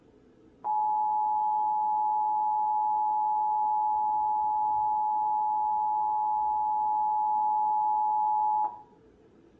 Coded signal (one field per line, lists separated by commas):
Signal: Emergency Alert System (SAME) tones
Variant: 853 and 960 Hz attention tone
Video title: EAS #475: Required Monthly Test - Indiana (11/20/2025) (WXIN)